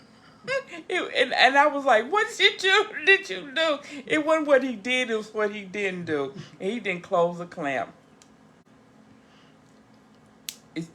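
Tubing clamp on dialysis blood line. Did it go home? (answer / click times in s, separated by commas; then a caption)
yes / 10.5 s. Someone talks for about eight seconds, then a plastic tubing clamp on a home hemodialysis blood line is closed by hand. It locks shut with a sharp little snap at 10.5 seconds, followed by a faint second tick.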